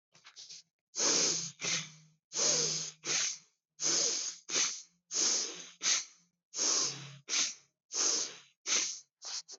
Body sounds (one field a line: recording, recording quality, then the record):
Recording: shallow breathing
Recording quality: moderate, slight background noise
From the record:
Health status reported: healthy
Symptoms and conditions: diabetes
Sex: male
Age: 39 years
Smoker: yes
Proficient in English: yes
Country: India